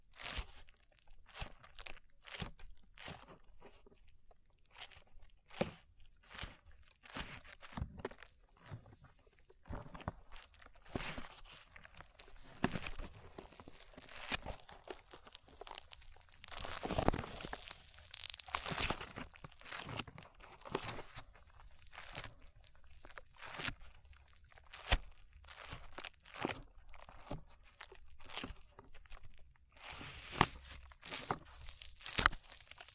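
Sticky slime is squished and pulled in a steady run of sharp crackling pops and crunches, denser and louder around seventeen seconds.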